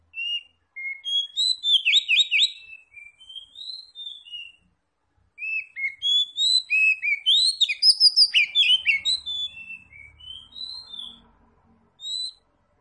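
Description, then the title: Oriental magpie-robin song: loud bursts of rapid, varied whistled and slurred notes, a short silence, then another long energetic jumbled phrase. Tretes is named with the bird; its singing is described as gacor, meaning vigorous, frequent song. "Kacer Tretes"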